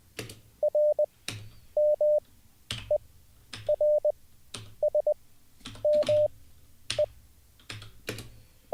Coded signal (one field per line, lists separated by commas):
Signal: Morse code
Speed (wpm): 20 wpm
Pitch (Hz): 600 Hz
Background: none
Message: R M E R S M E